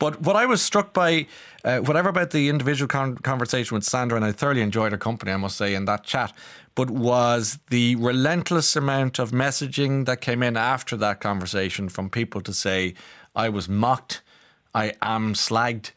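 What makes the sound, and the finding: Male radio host. Normal fluent speech.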